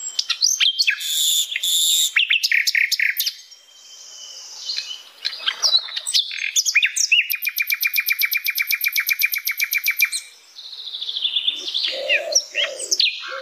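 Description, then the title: Flycatcher song, a loud varied medley of sharp high chips, whistled notes and a long fast buzzy trill of rapid repeated strokes, with brief pauses between phrases. Flycatcher singing loudly (gacor), used as masteran for training cage birds. "Masteran Sikatan Londo Gacor"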